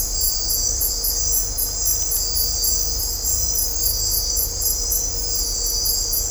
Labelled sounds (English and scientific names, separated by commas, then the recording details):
none
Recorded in dense forest near Puerto Asís, Putumayo, Colombia, on 16 December 2024 at 22:00
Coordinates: 0.503, -76.323
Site G043